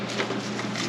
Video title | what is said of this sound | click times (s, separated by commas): BOX CHEVY LS SWAP MOTOR VAVLE COVER GASKET REPLACEMENT#fyp#diy#cars | So basically you heard the click. | 0.2 s